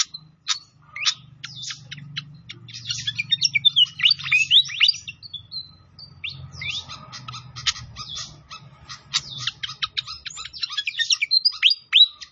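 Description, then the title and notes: Pied fantail twittering rapidly with sharp, high chirps and short slurred notes in long bursts, broken by a brief pause, faint low hum beneath. Masteran (training recording) with a clear voice. "Masteran Sikatan Kipas Suara Jernih Dan Suara Gemericik Air. Suara Burung Sikatan Londo"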